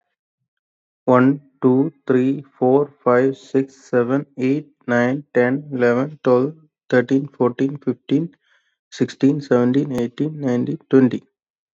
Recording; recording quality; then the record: counting at a normal pace; excellent, no background noise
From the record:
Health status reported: COVID-19 positive, no symptoms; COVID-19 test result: positive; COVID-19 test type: RT-PCR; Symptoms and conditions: cough, fever, muscle pain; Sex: male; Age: 33 years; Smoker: yes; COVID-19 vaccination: both doses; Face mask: not worn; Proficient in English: yes